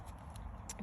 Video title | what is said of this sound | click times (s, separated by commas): MVMT Teaching Tips - Nordic Walking for Running - Walk before you Run | It clips in here, hear the click there, and | 0.7 s